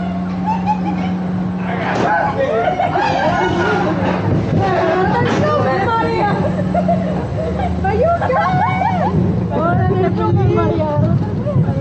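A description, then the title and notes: Crowd noise around a rollercoaster at an amusement park: many voices talk and call out at once, some lively, others blurred into a steady babble. A constant low mechanical hum runs underneath throughout, with no pauses across the twelve seconds. A fun VR 360 ride on the rollercoaster at the new Sunset Park, El Salvador.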